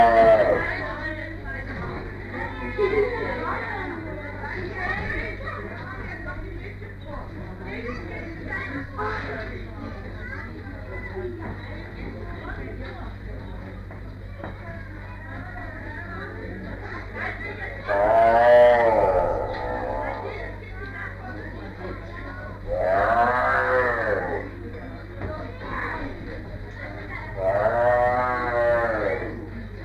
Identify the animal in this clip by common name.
Tiger